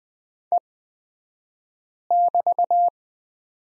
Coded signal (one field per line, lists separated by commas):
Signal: Morse code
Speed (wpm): 20 wpm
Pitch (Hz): 700 Hz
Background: none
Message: E<BT>